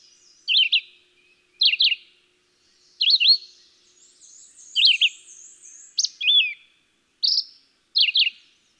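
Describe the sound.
Red-eyed Vireo singing brief slurred phrases separated by short pauses, each phrase a few rapid whistled notes, while a thin wavering high trill runs faintly behind near the middle.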